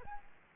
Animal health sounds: mosquito wingbeat signal from an infrared sensor; Aedes aegypti

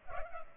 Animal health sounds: mosquito wingbeat signal from an infrared sensor; Culex pipiens

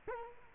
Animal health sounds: mosquito wingbeat signal from an infrared sensor; Culex quinquefasciatus

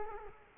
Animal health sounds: mosquito wingbeat signal from an infrared sensor; Culex quinquefasciatus

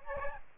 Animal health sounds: mosquito wingbeat signal from an infrared sensor; Aedes albopictus

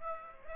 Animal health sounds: mosquito wingbeat signal from an infrared sensor; Aedes aegypti

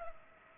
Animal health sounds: mosquito wingbeat signal from an infrared sensor; Culex pipiens

